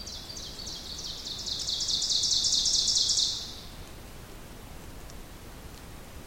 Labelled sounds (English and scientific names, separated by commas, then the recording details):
Ovenbird (Seiurus aurocapilla) song
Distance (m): 30 m
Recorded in boreal forest in Alberta, Canada, on 2 June 2016 at 06:24
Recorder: SongMeter 3, array SBT-3-7
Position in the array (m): 200 m, 64 m
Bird 6